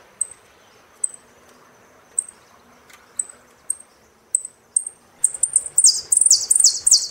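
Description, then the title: Saffron finch song: an evenly spaced series of high chirps that speeds up into a loud, rapid chatter of sweeping notes. "Jilguero Argentino"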